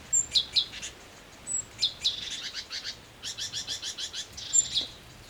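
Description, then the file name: Great tit calls: rasping, buzzy notes in quick rattling runs, separated by brief pauses, with a few thin high whistled notes mixed in. "Parus major"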